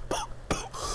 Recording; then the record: coughing mixed with background sound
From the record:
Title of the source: Coughing 79